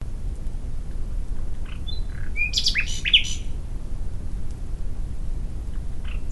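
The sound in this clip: Common nightingale song, a short burst of thin whistles and short sharp notes around the middle, over a steady low rumble.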